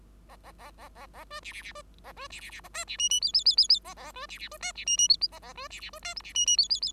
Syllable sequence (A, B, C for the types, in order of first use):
A A A A A A B C C C B A B C C C D C E E F F F F F A A B C C B D C E E F A A B C C B D G C E E F F F